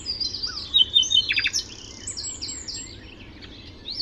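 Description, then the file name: Common nightingale song: a short run of strong rapid repeated notes, then thin, high twittering notes. "Luscinia megarhynchos"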